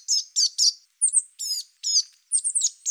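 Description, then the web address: Willow tit calls: a series of high, thin notes mixed with harsher, buzzy, nasal notes, given in quick succession over three seconds. "Parus montanus"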